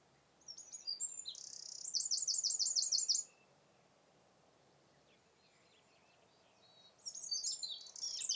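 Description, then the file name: Eurasian wren song: a rapid, high-pitched burst of trills and rattling notes, then a pause, then another loud trilling phrase begins near the end. "Troglodytes troglodytes"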